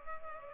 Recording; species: mosquito wingbeat signal from an infrared sensor; Culex pipiens